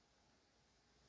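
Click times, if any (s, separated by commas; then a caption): none. A folding knife blade is handled with its steel crossbar lock in the handle, a 2025 Sencut Slybolt. Only a steady, faint broadband hiss with soft low rustling is heard, and there are no distinct transients. The blade has not yet locked open; nothing has clicked or seated yet.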